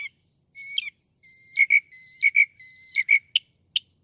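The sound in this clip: Northern mockingbird song with clear harmonic whistles and sharp chips: a whistled note repeated several times, most followed by a pair of chips, ending in two single notes.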